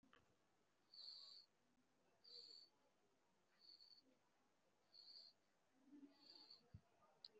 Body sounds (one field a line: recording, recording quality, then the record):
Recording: deep breathing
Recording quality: excellent, no background noise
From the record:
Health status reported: respiratory illness, not identified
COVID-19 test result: not tested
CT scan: not taken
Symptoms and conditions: chronic lung disease, diabetes, ischaemic heart disease, another condition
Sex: male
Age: 72 years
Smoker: yes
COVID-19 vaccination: none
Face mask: worn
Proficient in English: no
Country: India